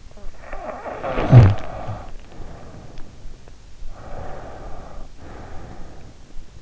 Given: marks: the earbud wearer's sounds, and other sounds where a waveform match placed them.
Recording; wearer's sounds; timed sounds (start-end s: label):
sounds in sleep by an in-ear microphone; snoring breath, teeth grinding, breath
0.14-3.57 s: snoring breath
1.57-3.57 s: teeth grinding
3.87-6.44 s: breath